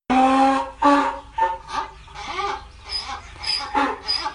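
Donkey braying in harsh, harmonic-rich bursts, a loud opening cry followed by several shorter, irregular wheezing pulses that fade and return.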